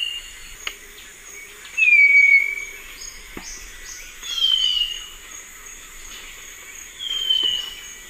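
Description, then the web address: Tawny-crowned greenlet calling: clear whistled notes sliding gently downward, repeated roughly every two and a half seconds. Duet recorded in the eastern lowlands of South America. "Natures Songs S America Eastern Lowlands. Hylophilus ochraceiceps, duet"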